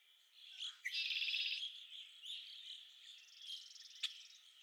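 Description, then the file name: Red-winged blackbird gives a long, harsh buzzing trill early on, then chattering calls continue with a sharp click near the end. Recorded at Okalees on 5 May 2021. "2021-05-05 RWBL 26 Okalees"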